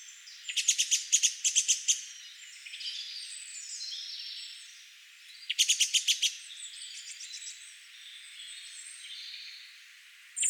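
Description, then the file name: Common blackbird calls in several quick rattling bursts of sharp clicks, two early and more later, with softer twittering between. "Turdus merula"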